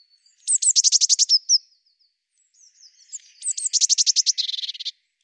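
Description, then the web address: Eurasian blue tit calls: two rattling series of quick, high, buzzy notes separated by a short pause. The second ends in a lower, harsher churr. "Deverinetal"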